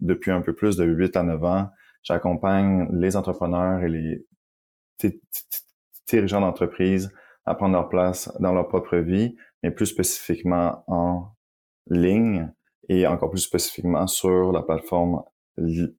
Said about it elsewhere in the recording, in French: Tout le parcours face au bégaiement et à l'acceptation du bégaiement, puis à prendre ma place en ayant le bégaiement.